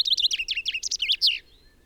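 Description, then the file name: Common chaffinch song: a rapid series of bright, descending notes in phrases ending in a sharp flourish, about one and a half seconds long. "Fringilla coelebs"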